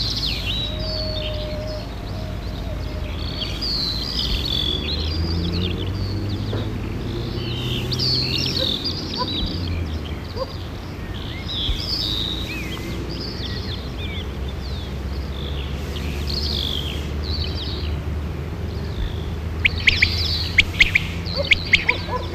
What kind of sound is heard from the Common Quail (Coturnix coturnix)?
song